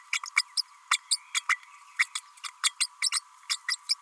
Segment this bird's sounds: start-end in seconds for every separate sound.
0.12-0.20, 0.26-0.29, 0.36-0.42, 0.57-0.62, 0.91-0.98, 1.11-1.19, 1.34-1.42, 1.49-1.59, 1.99-2.06, 2.15-2.20, 2.43-2.48, 2.63-2.71, 2.79-2.86, 3.12-3.21, 3.50-3.57, 3.67-3.77, 3.89-3.95